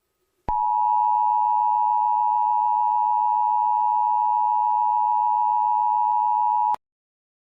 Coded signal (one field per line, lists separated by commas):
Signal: Emergency Alert System (SAME) tones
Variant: 853 and 960 Hz attention tone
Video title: EAS Scenario #3 - The Lightspeed Megatornado